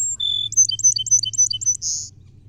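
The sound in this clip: Song sparrow song: a high clear note and a lower steady note, then a fast, even trill of paired chips, ending in a short harsh buzz.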